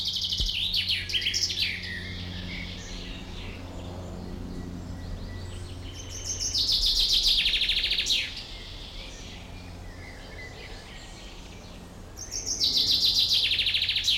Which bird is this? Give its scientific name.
Fringilla coelebs